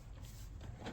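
An AUXITO LED headlight unit with plastic retaining tabs is lifted high enough for its tabs to clear and handled into the headlight bezel housing of a G500/G55 SUV. Steady low rumbling handling noise runs throughout, with soft broadband scraping swells around 0.3 s and 0.9 s. Nothing has seated or clicked yet.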